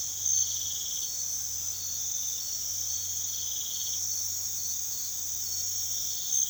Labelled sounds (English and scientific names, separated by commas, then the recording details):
none
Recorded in pastures near Puerto Asís, Putumayo, Colombia, on 21 March 2025 at 03:00
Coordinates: 0.487, -76.322
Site G077